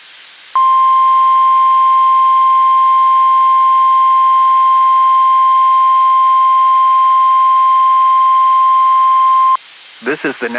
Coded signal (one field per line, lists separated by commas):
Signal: Emergency Alert System (SAME) tones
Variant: 1050 Hz attention tone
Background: speech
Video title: NWR RWTs (12/21/22)(EAS 1331-1336)